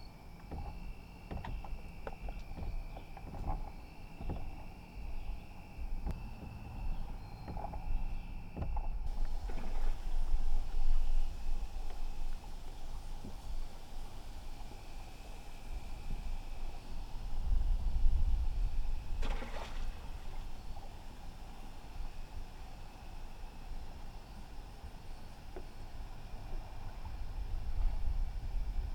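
Water laps gently and steadily against a small dock, with soft low knocks, a faint rumble, and a brief brighter splash near twenty seconds.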